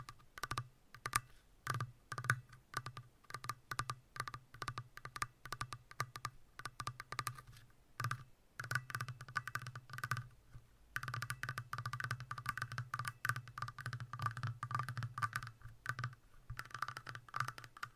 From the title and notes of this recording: ASMR Sleep Triggers - Brain Melting Scratching , Tapping , Massage Long Nails No Talking.